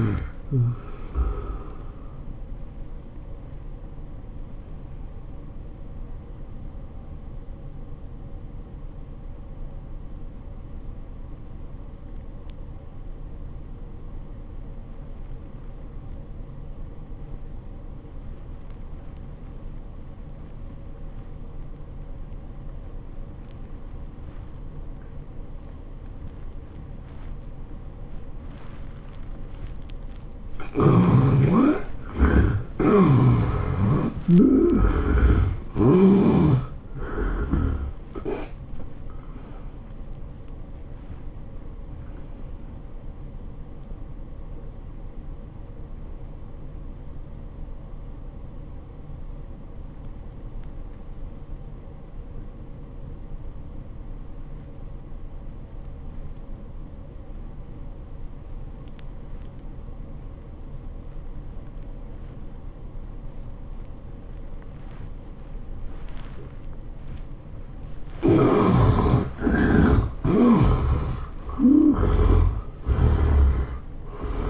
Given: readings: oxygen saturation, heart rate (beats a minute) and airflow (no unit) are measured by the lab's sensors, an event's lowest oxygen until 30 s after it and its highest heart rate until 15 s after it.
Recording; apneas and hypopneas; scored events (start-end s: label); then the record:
breathing in sleep by a smartphone at the bedside; 2
3.00-30.10 s: hypopnea (N2, oxygen 97% highest, then 68% lowest, heart rate 103 at the start, 104 highest)
36.00-74.50 s: new sleep stage, N1 (lightest sleep)
50.00-69.50 s: obstructive apnea (N1, oxygen 88% highest, then 67% lowest, heart rate 81 at the start, 102 highest)
From the record:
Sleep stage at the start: N2 (light sleep); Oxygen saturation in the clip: 68 to 97%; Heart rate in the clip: 74 to 104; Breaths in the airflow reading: 10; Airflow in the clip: -19.5 to 18.2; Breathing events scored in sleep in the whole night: 403 in 5.5 hours asleep